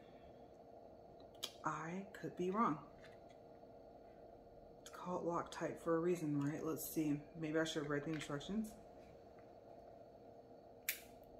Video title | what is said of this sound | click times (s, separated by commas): Testing Loctite Super Glue, RayanWay Full Cover Tips & Not Polish 2-in-1 powders on mannequin hand | Okay, so that's on. It snapped. We heard it. | 10.9 s